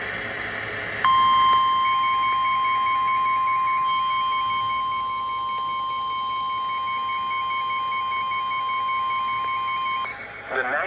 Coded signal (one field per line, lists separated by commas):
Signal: Emergency Alert System (SAME) tones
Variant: 1050 Hz attention tone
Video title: EAS #24 - WX Radio Severe Thunderstorm Warning